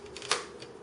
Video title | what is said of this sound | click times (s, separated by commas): Laptop screen replacement / How to replace laptop screen on Compaq CQ56-240CA.mp4 | okay you can hear the clicking | 0.2 s, 0.3 s, 0.6 s